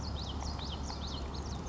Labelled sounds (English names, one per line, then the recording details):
Common Yellowthroat
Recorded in Sonoma County, California